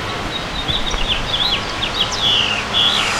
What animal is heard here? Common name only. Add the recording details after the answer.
House Finch. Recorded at Patchogue on Long Island, New York, on 21 June 2013. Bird G